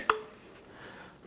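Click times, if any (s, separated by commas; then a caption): 0.1 s. A plastic roof exhaust air vent for a 1997-2006 Jeep Wrangler is lined up in the roof panel opening and pushed in until its retaining tabs lock. A single sharp snap is heard at 0.1 s, then only quiet background follows. The vent is seated with its tabs locked into place.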